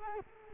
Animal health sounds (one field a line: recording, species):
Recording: mosquito wingbeat signal from an infrared sensor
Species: Culex quinquefasciatus